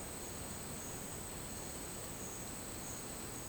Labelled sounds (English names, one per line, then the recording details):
none
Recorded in dense forest near Puerto Asís, Putumayo, Colombia, on 24 March 2025 at 10:00
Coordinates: 0.481, -76.323
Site G088